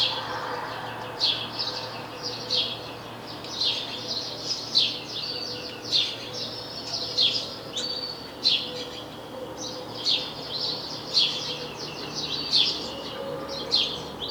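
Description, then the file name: House sparrow chirping, quick bright chirps repeated almost every second in an uneven run over a steady background hum. "Passer domesticus"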